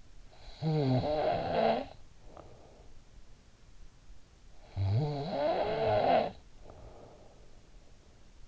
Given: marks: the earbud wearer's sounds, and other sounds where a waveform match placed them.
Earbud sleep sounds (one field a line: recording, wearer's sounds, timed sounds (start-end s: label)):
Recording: sounds in sleep by an in-ear microphone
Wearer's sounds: snoring breath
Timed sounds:
0.00-3.22 s: snoring breath
4.37-8.00 s: snoring breath